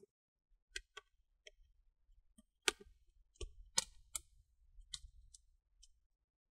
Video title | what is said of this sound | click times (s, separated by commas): Asus Vivobook Flip 14 Tp410u 🚩Battery Replacement | do the zigzagging and you want to hear big clicks so | 2.7 s, 3.8 s, 4.2 s